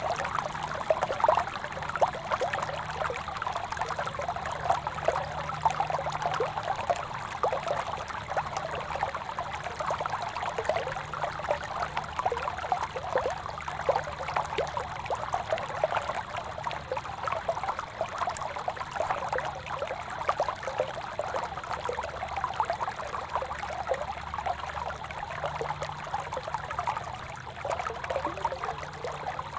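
A steady, dense babble of flowing stream water fills the whole clip, bright, with faint low tones murmuring underneath.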